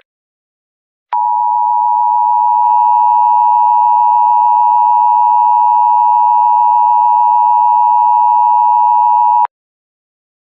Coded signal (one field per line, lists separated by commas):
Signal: Emergency Alert System (SAME) tones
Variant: 853 and 960 Hz attention tone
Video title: The Purge: An EAS Mini Scenario